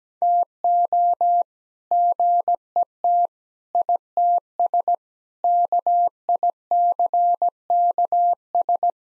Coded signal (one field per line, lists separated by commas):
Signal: Morse code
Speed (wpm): 17 wpm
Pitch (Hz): 700 Hz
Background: none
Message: TO GET ITS KICKS